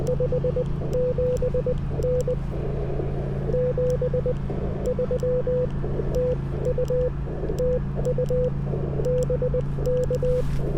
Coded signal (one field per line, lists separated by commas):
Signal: Morse code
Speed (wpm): 20 wpm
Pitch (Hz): 500 Hz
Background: none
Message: 57N 73 TU TU BK